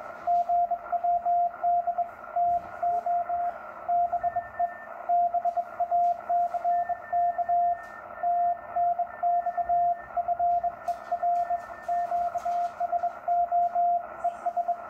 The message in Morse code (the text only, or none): GWD TO BE BACK TNX FER QSO ES